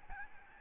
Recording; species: mosquito wingbeat signal from an infrared sensor; Aedes albopictus